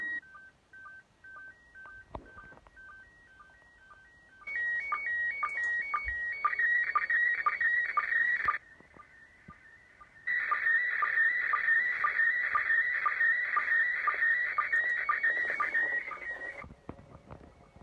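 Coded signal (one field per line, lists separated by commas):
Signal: SSTV (slow-scan television)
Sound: warbling, buzzy high tone with regular short low ticks, in two long stretches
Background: radio static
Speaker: ça repart vous voyez là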